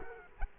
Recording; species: mosquito wingbeat signal from an infrared sensor; Culex quinquefasciatus